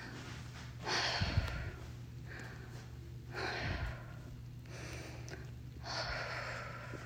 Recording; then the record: deep breathing after running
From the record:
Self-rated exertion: light exertion (2 of 6); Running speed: 6 miles an hour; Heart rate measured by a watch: 89 beats a minute at the start, 92 at the end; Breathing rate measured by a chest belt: 10 breaths a minute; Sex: female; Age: 53 years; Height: 159 cm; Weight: 47 kg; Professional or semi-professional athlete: no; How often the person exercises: under once a week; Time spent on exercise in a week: 1 to 2 hours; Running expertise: no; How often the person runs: under once a week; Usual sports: running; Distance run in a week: 5 miles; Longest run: 42 km